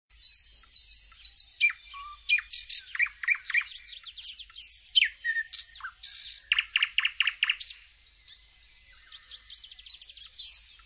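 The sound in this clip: Bird song, a busy run of sharp high chirps, short whistles and quick note series, pausing briefly near the end before resuming.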